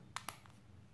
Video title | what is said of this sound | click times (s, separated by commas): Jeep Grand Cherokee Key Fob Battery Replacement (1999 - 2004) | and they click into place super easily just | 0.2 s, 0.3 s